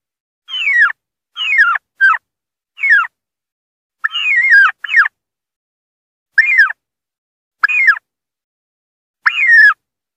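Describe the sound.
Wild turkey distress calling: harsh, falling yelps delivered singly and in quick pairs, spacing out toward the end with longer silences between notes.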